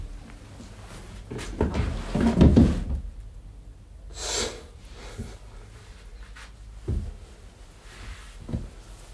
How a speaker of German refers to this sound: 10 Schubladen hatte ich wohl schon aufgerissen.